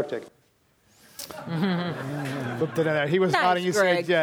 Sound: laughter